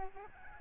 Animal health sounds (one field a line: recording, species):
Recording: mosquito wingbeat signal from an infrared sensor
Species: Aedes albopictus